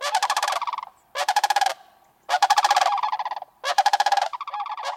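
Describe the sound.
Sandhill Crane calls: loud rolling rattles in four bursts separated by short pauses.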